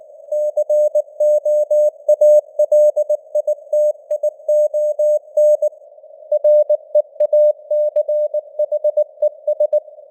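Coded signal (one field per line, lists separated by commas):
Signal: Morse code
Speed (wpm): 19 wpm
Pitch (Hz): 600 Hz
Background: none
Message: COALITION REACHES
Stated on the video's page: Morse news headlines at 19 wpm with simulated radio noise and varying signal strength (QSB).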